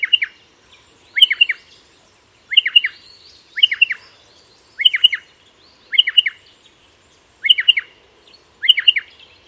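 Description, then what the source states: Striated Pardalote, crisp whistled chips in short bursts repeated roughly once a second. Recorded in Dryandra Woodland National Park, Wheelman Country, Western Australia, by Mark Anderson; call can differ slightly by location.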